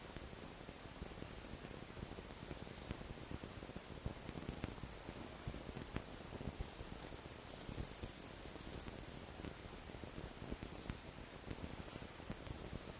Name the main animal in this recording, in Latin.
Vulpes vulpes